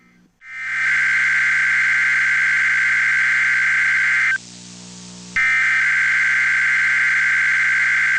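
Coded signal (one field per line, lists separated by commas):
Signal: Emergency Alert System (SAME) tones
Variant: header bursts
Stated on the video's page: Required weekly test from weather radio station KHB36, recorded on CL-100 receiver and SDR.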